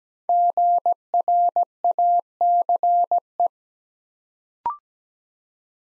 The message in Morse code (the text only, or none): GRACE